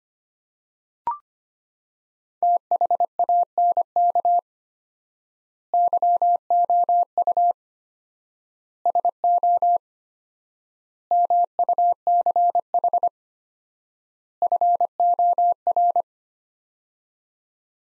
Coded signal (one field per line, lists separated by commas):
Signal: Morse code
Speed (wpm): 25 wpm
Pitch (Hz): 700 Hz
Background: none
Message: THANK YOU SO MUCH FOR